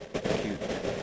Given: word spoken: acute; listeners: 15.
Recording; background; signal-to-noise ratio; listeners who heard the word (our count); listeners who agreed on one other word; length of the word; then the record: one English word in noise, from a listening test; noise modulated by three-talker babble; -7.5 dB; 2 of 15; 8 of 15; 0.63 s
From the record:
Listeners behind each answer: 8, 2, 1, 1, 1, 1, 1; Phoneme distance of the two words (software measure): 7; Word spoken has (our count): 2 syllables, 5 phonemes, stress on syllable 2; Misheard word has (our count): 1 syllable, 4 phonemes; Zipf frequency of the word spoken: 3.66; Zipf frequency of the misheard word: 4.40